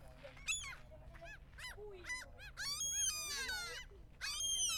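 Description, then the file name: Gulls giving loud, overlapping harmonic yelps and squeals in quick bursts. Noisy gulls calling with people in the background. "Noisy Seagulss People"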